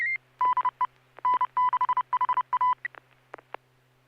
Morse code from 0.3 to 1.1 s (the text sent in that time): DE